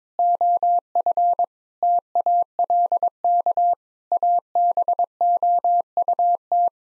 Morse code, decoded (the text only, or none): OF TALK ABOUT